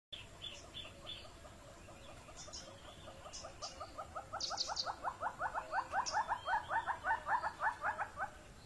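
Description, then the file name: Monteiro's hornbill giving a rhythmic series of hollow clucking notes that grows louder after four seconds, with thin high calls from other birds above. "Canto do calaus de monteiros"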